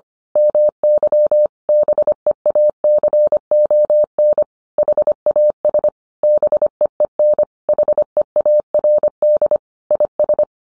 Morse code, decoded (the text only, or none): MY BEACON HAS BEEN HEARD IS